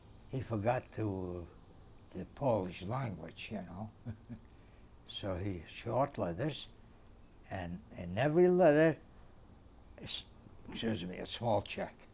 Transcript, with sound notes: He forgot, too, the Polish language, you know. ( he laughs ) So he, short letters, and in every letter, excuse me, a small check,